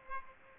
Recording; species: mosquito wingbeat signal from an infrared sensor; Aedes aegypti